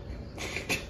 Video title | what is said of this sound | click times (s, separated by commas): 250k Mile Engine Rebuild At Home! With No Machine Work For Cheap! | It clicked, didn't it? | 0.6 s